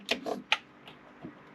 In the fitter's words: just make sure they click into place.